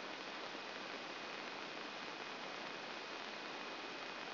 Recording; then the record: brain microelectrode recording played as sound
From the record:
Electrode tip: inside the subthalamic nucleus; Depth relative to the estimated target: 3 mm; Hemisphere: left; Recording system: AlphaMap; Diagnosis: Parkinson's disease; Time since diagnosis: 11 years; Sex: male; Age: 56 years